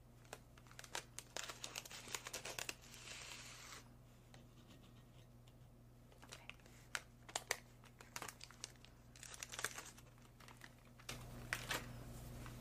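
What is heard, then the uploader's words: Pages rustle and flip in quick crinkly bursts and sharp snaps, with a longer swish near four seconds over a steady low hum. Page flipping.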